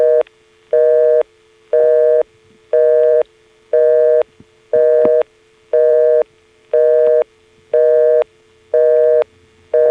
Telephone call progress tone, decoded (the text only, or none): busy tone